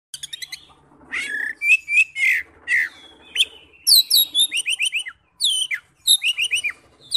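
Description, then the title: Oriental magpie-robin singing a rich, varied sequence of sweet whistles, slurred notes and dry chattering trills, phrases following closely with only brief gaps. "Kacer"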